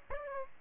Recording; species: mosquito wingbeat signal from an infrared sensor; Aedes aegypti